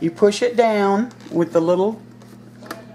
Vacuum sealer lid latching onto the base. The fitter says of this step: till it clicks and it's not hard to do